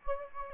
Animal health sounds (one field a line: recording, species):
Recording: mosquito wingbeat signal from an infrared sensor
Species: Anopheles gambiae